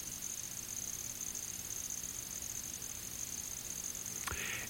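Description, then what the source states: Handsome trig song: a thin, very high, sustained trill running steadily throughout, with a brief click near the end. Stumbling, grating trill.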